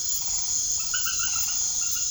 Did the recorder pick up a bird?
no